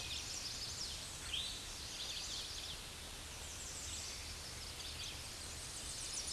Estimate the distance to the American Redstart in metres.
about 50 m